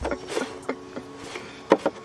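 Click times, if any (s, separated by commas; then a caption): none. A plastic battery cover on a 2016 Impala car battery is slid and pressed on, making faint rubbing scrapes and a few short plastic knocks, the loudest near 1.7 seconds. The cover is not in right and has not snapped or seated yet, possibly because it is on backwards.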